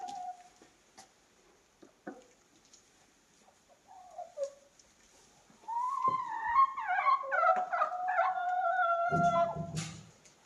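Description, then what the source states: Chicken sounds soft and sparse at first, then a sustained loud stretch of cackling notes, ending with a brief noisy burst. Hens cackling while eating in the recordist's own henhouse.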